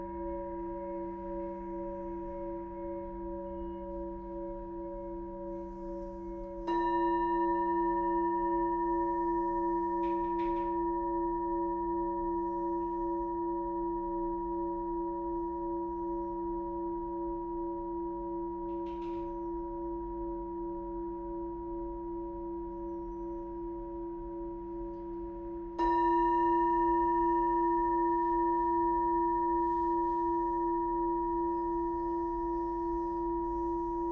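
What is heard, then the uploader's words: Sound bath singing bowls ring in long, pure sustained tones, with fresh strikes near seven and twenty-six seconds over a low, steady hum. Sound Bath #008: Ravina Daswani. Recorded in December 2022, the paint had just dried in her new space and not all of her instruments were there. Each hit from other bowls shaped the sound in such unique ways.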